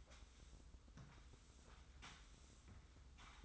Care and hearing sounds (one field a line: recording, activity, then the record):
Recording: daily activity, microphone in the room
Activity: sweep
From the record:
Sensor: 3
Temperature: 25.5 degrees Celsius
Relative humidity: 43.4%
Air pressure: 990.4 hPa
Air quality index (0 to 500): 196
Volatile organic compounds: 1000 ppm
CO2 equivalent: 6413 ppm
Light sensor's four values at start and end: 41/97/40/37 and 41/97/39/37